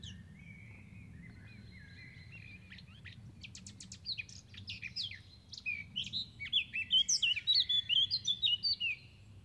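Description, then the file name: Eurasian blackcap song: a quiet scratchy warble that builds into a loud, clear, fluty run of whistled notes near the end, over a low steady background rumble. "Sylvia atricapilla"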